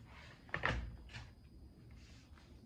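The plastic bottom half of a Spigen snap-on case is pressed onto the base of a MacBook Pro (M2/M3), pressing until the corners click. Two sharp plastic clicks sound at 0.5 s and 0.7 s, followed by softer handling rustles. The bottom shell is seated on the laptop.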